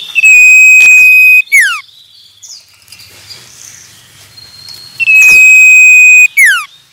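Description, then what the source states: Common iora song: two long, steady, loud whistles, each ending in a quick falling slur, separated by a few seconds of quieter clicks and chirps. Male.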